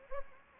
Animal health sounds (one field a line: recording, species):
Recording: mosquito wingbeat signal from an infrared sensor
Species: Anopheles gambiae